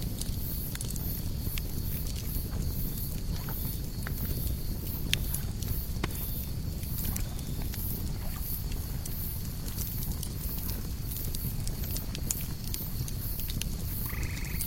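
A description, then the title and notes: A campfire burns steadily by a lake, with a dense low roar under frequent sharp crackles and pops scattered through the whole stretch. The level stays even throughout, and a brief higher tone appears just before the end. Fire at the ultimate lakeside camp.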